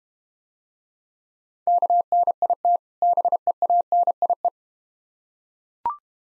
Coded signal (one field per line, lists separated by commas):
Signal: Morse code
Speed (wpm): 30 wpm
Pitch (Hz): 700 Hz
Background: none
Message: KNIT BEANIE